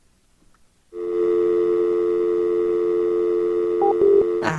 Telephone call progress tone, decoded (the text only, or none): dial tone